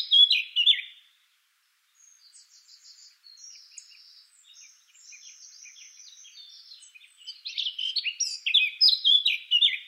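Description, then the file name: Eurasian blackcap song: a bright opening phrase, a quiet scratchy chatter through the middle, then a loud, fast warbling flourish at the end. "Sylvia atricapilla"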